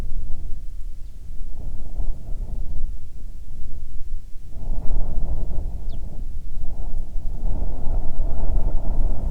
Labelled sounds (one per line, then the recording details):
bird
wind
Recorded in the Prudhoe Bay oil fields, Alaska, on 7 August 2019 at 14:06
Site 17